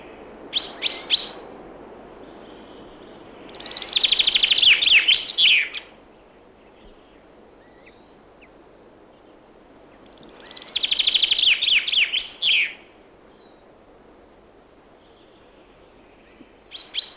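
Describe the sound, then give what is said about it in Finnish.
A chaffinch: sharp, high 'pink-pink' alarm call notes open, then two bright, loud song phrases, each a strongly descending cascade of whistled notes ending in a brisk trill, separated by a pause, with a few more calls at the end. “Varoitusääni, jonka kuulemme alussa, kuulostaa pink-pinkiltä. Itse laulu on voimakkaasti laskeutuva säe, joka päättyy reippaaseen liverrykseen.”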